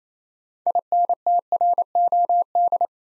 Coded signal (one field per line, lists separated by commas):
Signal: Morse code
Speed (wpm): 28 wpm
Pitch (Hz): 700 Hz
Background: none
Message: INTROD